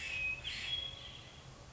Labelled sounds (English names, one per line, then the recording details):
Hermit Thrush
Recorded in Sonoma County, California